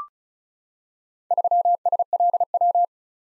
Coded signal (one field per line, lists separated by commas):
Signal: Morse code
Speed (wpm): 36 wpm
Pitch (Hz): 700 Hz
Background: none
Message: 3SLW